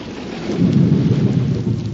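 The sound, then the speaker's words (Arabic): A deep, rumbling roll of thunder swells and lingers over a steady hiss of falling rain, loud and continuous throughout with no voices. “أوه، صوت الرعد مخيف، لكنه يأتي بالخير، بالمطر.”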